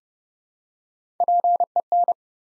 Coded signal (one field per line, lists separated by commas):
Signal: Morse code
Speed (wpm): 32 wpm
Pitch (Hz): 700 Hz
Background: none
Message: PEN